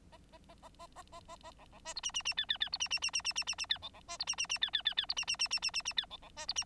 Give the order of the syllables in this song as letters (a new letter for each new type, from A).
A A A A A A A A A B B C D E E E F F F D E E E E E E E E F B B C D E E E F F F F D E E E E E E E F B B C D E